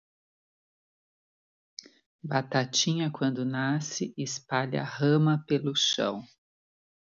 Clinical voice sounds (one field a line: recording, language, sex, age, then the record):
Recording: short text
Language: Brazilian Portuguese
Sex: female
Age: 50 to 59 years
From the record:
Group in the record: control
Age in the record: 59 years